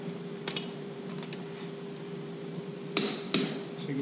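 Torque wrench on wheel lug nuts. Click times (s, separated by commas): 3.0 s, 3.3 s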